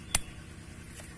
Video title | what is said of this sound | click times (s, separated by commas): Video tentang Engine Management System dan penggunaan scantool pada honda Mobilio | Rupanya terlepas. Mari kita pasang kembali sampai bunyi klik. | 0.1 s